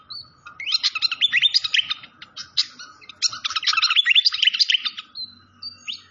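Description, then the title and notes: Malaysian pied fantail song: two bursts of quick tumbling whistled notes separated by a short gap, with thin high whistles before and after. Clear-voiced song on a masteran (training recording). "Masteran Sikatan Kipas Suara Jernih Dan Suara Gemericik Air. Suara Burung Sikatan Londo"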